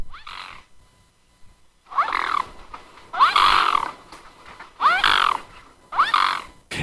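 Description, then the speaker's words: Mute swan giving hoarse, nasal calls, five separate bursts with brief pauses between them. Recording played back on the radio. "Eh bien, nous écoutons tout de suite le cygne tuberculé."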